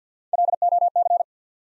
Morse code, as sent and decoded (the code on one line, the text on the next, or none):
.-.. --- -.-.
LOC